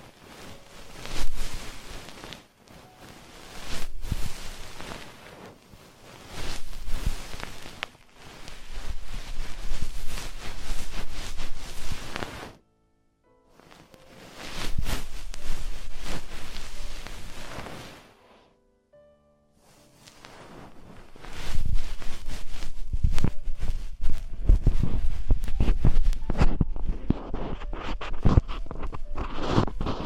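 Traditional Chinese ear cleaning, heard as dense scratching and rustling that come in long bursts, broken by short silences near 3, 13 and 19 seconds. The scraping gets rougher and busier over the last ten seconds, with low thumps mixed in.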